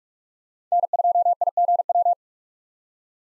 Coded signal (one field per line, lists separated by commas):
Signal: Morse code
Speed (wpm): 46 wpm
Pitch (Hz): 700 Hz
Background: none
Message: N2IGW